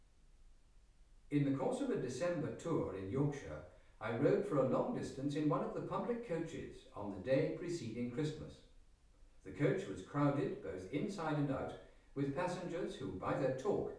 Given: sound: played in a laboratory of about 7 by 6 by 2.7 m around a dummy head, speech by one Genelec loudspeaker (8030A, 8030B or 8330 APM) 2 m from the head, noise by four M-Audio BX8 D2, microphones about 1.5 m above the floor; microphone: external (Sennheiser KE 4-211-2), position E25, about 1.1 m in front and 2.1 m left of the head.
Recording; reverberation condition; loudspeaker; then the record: male speech in English; medium; 90 degrees to the right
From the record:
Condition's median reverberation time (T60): about 510 ms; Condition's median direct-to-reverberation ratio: about -0.5 dB